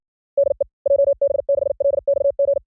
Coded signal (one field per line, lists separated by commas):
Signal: Morse code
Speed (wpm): 56 wpm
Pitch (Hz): 530 Hz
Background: none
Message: DE JB6LXG